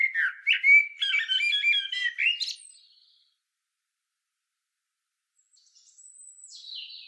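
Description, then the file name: Common blackbird song: a dense, rapidly varied warble lasting about three seconds, then silence, then a faint high sweeping note near the end. "Turdus merula"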